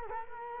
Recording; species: mosquito wingbeat signal from an infrared sensor; Culex quinquefasciatus